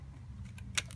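A large steel circlip retaining the kick start part is pushed onto the hub of a Royal Enfield 250 motorcycle gearbox. It snaps home with a sharp bright click at 0.8 s over a steady low hum, with fainter ticks around it. The circlip is seated.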